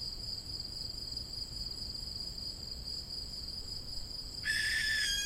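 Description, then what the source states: Barn owl hissing call: one loud, harsh, breathy hiss bursts in near the end, over a continuous high, steady drone. Young birds.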